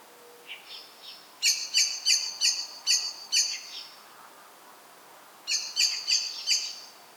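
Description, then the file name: Common blackbird giving sharp, clicking chink calls in two bursts of four to six, roughly three per second, preceded by a few softer notes. "Turdus merula"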